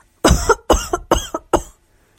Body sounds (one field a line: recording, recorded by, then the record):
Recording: voluntary cough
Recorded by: messaging app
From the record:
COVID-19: negative